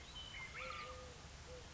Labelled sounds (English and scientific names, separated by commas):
Eurasian Collared Dove (Streptopelia decaocto)